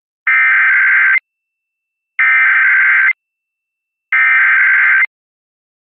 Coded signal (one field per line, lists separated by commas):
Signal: Emergency Alert System (SAME) tones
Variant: header bursts